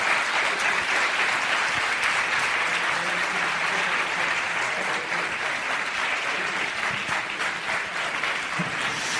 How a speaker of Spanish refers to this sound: Pues un fuerte aplauso para Jesús Callejo, que le ha echado suspense.